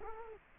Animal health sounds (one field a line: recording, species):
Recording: mosquito wingbeat signal from an infrared sensor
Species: Culex quinquefasciatus